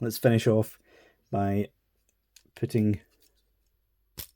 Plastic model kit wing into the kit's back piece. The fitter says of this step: the wings back in. Satisfying click to put those together.